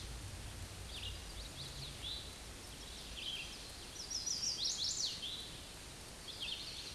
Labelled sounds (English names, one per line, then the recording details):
Chestnut-sided Warbler song
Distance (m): 20 m
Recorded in a Pennsylvania forest on 18 May 2023 at 09:52
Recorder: AudioMoth, point grid1_34_low
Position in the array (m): 214 m, 131 m